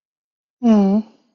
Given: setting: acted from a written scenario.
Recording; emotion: vocal sound without words; sympathy